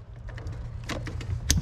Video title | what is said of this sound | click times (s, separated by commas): Τι μας λείπει & τι έχουμε απο το Supra MK4! | Όπα, κούμπωσες. | 1.5 s